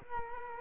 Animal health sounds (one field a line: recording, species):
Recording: mosquito wingbeat signal from an infrared sensor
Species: Culex quinquefasciatus